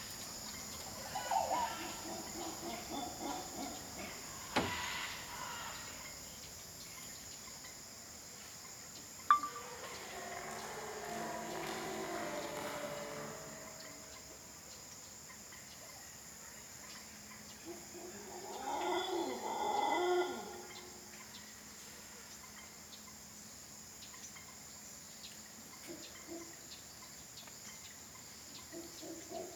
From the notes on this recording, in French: Collection de field recordings autour du thème de la jungle